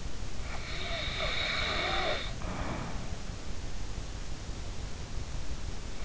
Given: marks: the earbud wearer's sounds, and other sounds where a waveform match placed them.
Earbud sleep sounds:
sounds in sleep by an in-ear microphone; snoring breath
0.56-3.03 s: snoring breath

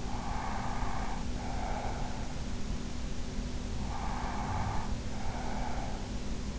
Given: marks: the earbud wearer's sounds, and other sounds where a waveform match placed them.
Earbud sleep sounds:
sounds in sleep by an in-ear microphone; breath
0.00-2.41 s: breath
3.71-6.05 s: breath

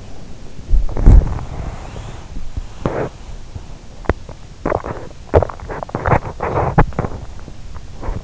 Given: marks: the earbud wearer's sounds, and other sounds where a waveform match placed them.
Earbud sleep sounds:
sounds in sleep by an in-ear microphone; body movement, breath, swallowing
0.60-4.31 s: body movement
1.48-3.34 s: breath
4.60-5.64 s: swallowing
5.64-8.24 s: body movement

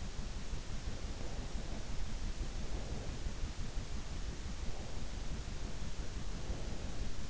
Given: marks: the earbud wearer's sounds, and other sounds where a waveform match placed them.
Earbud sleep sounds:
sounds in sleep by an in-ear microphone; breath
0.94-3.58 s: breath
4.45-7.30 s: breath

